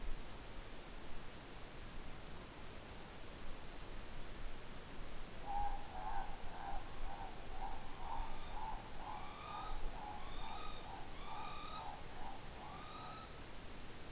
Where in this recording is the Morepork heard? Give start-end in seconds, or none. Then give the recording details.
5.39-13.20. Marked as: faintness 1/5, faintness 4/5, faintness 5/5. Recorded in New Zealand on 12 November 2013. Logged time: 02:19. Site Ponui